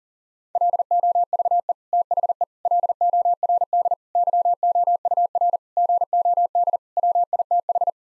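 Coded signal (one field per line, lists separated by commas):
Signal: Morse code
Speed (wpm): 40 wpm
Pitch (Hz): 700 Hz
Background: none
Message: LOVE THE LORD YOUR GOD WITH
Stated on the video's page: Head-copy drill of nine-word common word groups sent at 40 wpm, each set sent twice.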